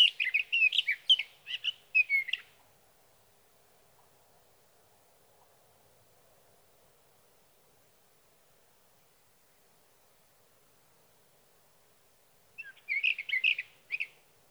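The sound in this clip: Sage thrasher song in two bursts of rapid warbling, one at the start and another near the end, separated by a long quiet gap with faint low hum.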